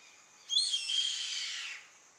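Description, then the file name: Yellow-headed caracara, one drawn-out rasping screech that sags in pitch and fades, a little softer and set against a faint hiss. "Canto do gaviao carrapateiro Milvago chimachima"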